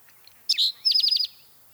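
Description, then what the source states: Spotted Towhee: a harsh slurred note then a brisk rattling trill of several quick high pulses, with faint soft sounds just before. Recorded by Paul Marvin, provided by the Macaulay Library; calls are variable and take practice to recognise.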